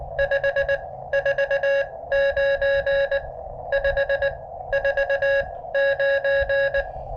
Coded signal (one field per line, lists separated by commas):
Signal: Morse code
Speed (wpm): 17 wpm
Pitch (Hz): 590 Hz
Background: none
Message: 549 549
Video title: 10m & 15m POTA Activation @ Reed Bingham State Park K-2195 with the Elecraft KX2 & K6ARK random wire